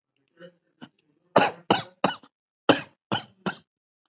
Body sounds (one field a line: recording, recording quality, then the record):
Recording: shallow voluntary cough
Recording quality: excellent, no background noise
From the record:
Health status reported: healthy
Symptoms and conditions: fever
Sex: male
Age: 40 years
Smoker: not ticked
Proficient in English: yes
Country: India